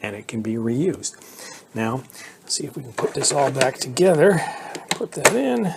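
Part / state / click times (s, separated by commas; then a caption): filter going back into an upright vacuum housing / not seated / none. A filter is handled as it goes back into the plastic housing of a Shark Vertex upright vacuum while someone talks, with soft handling noises between the speech. The clip ends before the filter goes home, so nothing has seated or clicked yet.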